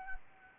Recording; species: mosquito wingbeat signal from an infrared sensor; Anopheles gambiae